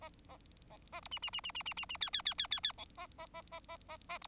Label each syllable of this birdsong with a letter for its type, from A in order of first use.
A A A A B C C C C C C C C D D D D D D E A A A A A A A B